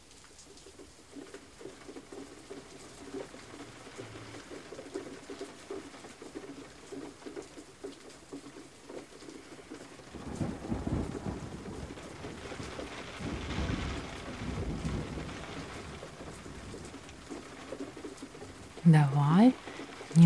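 A thunderstorm heard through glass: steady soft rain hiss, a low rumble of thunder building from about ten seconds, and a sharp pitched squeal near the end.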